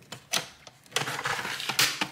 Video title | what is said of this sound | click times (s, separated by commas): HP 250 G7 SSD and Ram Upgrade | then pushing around the outer perimeter of it so it all clicks into place and | 0.4 s, 1.0 s, 1.8 s, 2.0 s